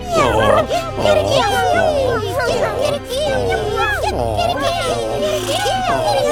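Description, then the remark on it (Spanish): A loud, continuous racket of animal cries all at once as the animals push a door wide open: a donkey braying, a dog barking, a cat yowling and a rooster crowing, overlapping in a warbling, high-pitched jumble for several seconds. “Se lanzaron todos contra la puerta y una vez abierta de par en par, comenzaron su estridente espectáculo.”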